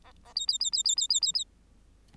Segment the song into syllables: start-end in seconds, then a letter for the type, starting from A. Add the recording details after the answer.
0.04-0.12 A, 0.23-0.33 A, 0.35-0.46 B, 0.47-0.58 B, 0.60-0.70 B, 0.72-0.83 B, 0.84-0.95 B, 0.96-1.07 B, 1.09-1.20 B, 1.21-1.32 B, 1.34-1.44 B. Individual Bird8